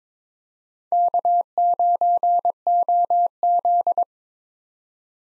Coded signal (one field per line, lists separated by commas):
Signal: Morse code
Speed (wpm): 22 wpm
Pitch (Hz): 700 Hz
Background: none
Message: K9OZ